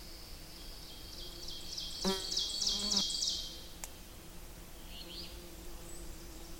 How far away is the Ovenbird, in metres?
about 40 m